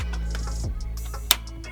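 A RAM stick is pressed down at its other end into a motherboard slot, and the slot's plastic retention clip snaps shut with one sharp, loud click at 1.3 s over a steady low background with a few faint ticks. The side latch closes and the first memory module is seated.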